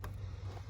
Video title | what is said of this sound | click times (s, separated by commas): TrendNet PoE IR Dome Camera Setup & Install | and then you just turn and it'll lock into place and that's that and then we got it covered | 0.0 s